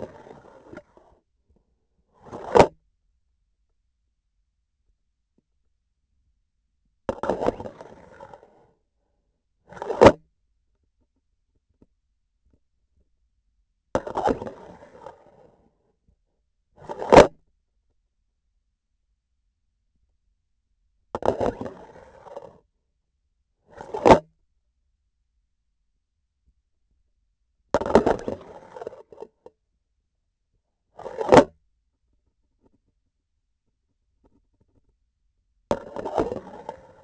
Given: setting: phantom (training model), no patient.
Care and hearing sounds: laparoscopic instrument, vibration sensor on the handle end; grasping forceps; insertion and removal through the trocar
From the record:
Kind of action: spatial motion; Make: other than Olympus

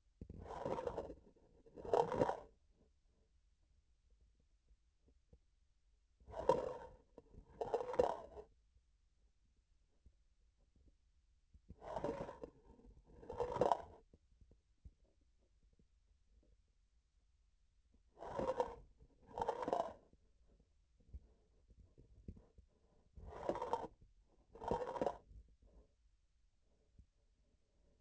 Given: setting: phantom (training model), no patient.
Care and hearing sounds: laparoscopic instrument, vibration sensor on the handle end; grasping forceps; approaching and retracting movements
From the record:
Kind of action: spatial motion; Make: other than Olympus

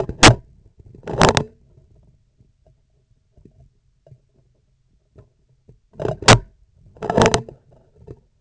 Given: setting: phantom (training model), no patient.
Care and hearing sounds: laparoscopic instrument, vibration sensor on the handle end; scissors; opening and closing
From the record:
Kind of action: tool actuation without material contact

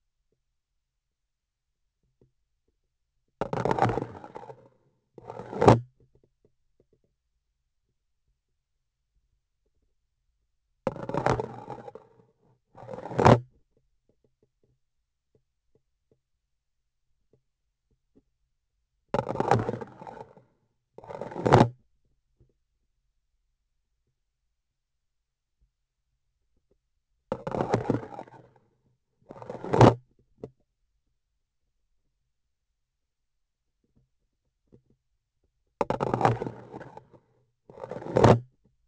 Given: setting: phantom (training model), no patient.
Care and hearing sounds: laparoscopic instrument, vibration sensor on the handle end; grasping forceps; insertion and removal through the trocar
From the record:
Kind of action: spatial motion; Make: other than Olympus

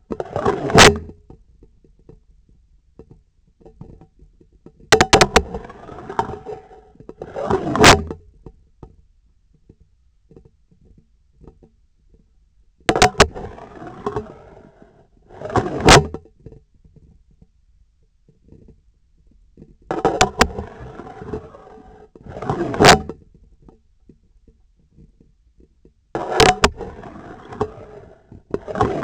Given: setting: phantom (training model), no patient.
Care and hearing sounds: laparoscopic instrument, vibration sensor on the handle end; scissors; insertion and removal through the trocar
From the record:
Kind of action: spatial motion

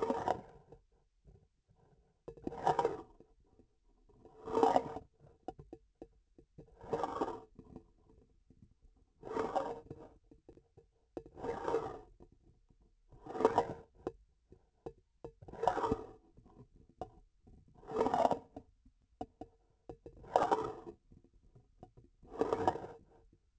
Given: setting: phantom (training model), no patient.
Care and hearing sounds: laparoscopic instrument, vibration sensor on the handle end; grasping forceps; approaching and retracting movements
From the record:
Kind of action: spatial motion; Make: Olympus

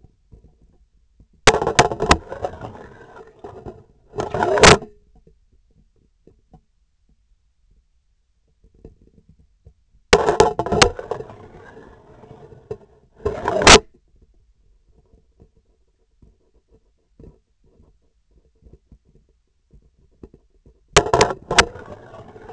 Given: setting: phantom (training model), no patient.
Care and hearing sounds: laparoscopic instrument, vibration sensor on the handle end; scissors; insertion and removal through the trocar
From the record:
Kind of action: spatial motion

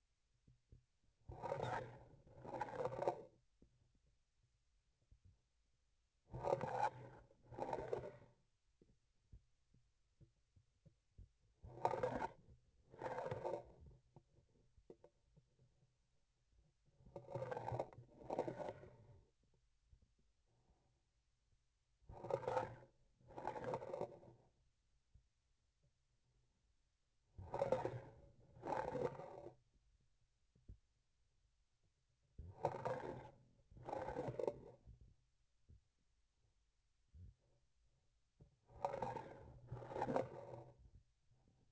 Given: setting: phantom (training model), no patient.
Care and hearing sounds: laparoscopic instrument, vibration sensor on the handle end; grasping forceps; approaching and retracting movements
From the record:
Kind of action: spatial motion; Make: other than Olympus

